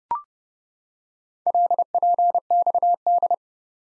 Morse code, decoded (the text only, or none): LPXD